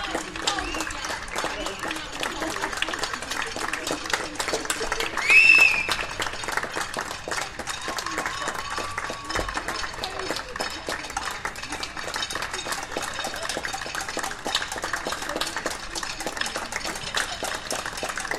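A neighbourhood claps for carers, with dense, steady applause from many people, continuing for the whole stretch. A short, shrill whistle rings out about five seconds in, and scattered voices and cheers sit underneath the clapping.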